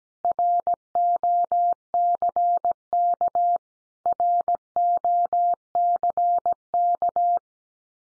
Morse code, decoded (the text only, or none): ROCK ROCK